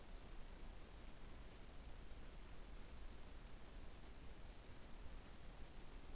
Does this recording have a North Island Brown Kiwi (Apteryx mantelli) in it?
no